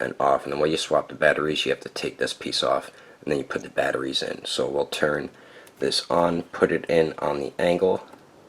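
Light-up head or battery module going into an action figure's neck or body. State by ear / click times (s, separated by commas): not seated / none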